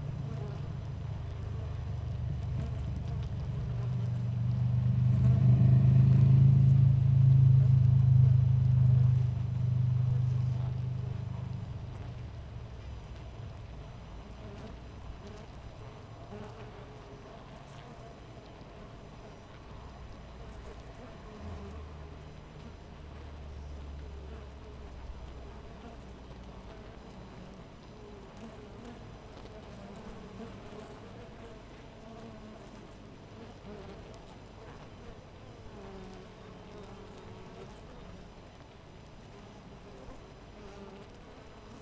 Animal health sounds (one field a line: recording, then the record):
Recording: honeybee colony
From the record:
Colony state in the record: missing queen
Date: 14 July 2017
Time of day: 5:07